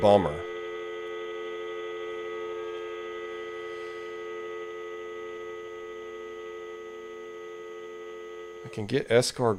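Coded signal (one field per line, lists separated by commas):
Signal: telephone call progress tone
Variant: North America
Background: speech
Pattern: dial tone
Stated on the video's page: Dial-up connection through a US Robotics 56K modem over a POTS landline or VoIP phone line.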